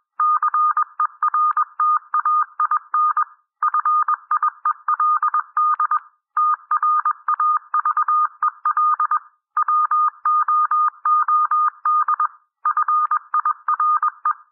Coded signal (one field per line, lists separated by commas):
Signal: Morse code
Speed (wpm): 21 wpm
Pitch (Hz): 1220 Hz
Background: none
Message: CERTAIN FIELD TRAVEL WOOD FIRE